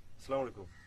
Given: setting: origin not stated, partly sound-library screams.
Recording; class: one-second piece from a danger detection set; normal situation